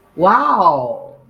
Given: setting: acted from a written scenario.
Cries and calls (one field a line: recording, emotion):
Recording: vocal sound without words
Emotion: desire